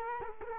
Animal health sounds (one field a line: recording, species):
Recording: mosquito wingbeat signal from an infrared sensor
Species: Culex quinquefasciatus